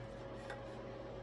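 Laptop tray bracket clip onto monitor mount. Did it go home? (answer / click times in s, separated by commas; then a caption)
no / none. A laptop tray bracket clip is being handled against a monitor mount before it is pressed on as the third clip. A steady low hum with a faint constant tone runs throughout, with a brief soft rustle of handling around 0.5 seconds. Nothing has seated or clicked yet.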